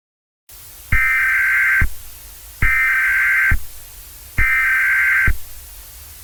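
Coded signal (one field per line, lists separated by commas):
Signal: Emergency Alert System (SAME) tones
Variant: header bursts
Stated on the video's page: Fictional EAS scenario about a Washington tornado outbreak, a simulated alert.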